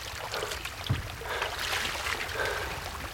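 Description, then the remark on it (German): A stolen boat moves through water, with steady sloshing and hissing splashes over a low rumble and a brief thump near the start. No voices are heard. “hier das Boot, ne? Das musste ich klauen.”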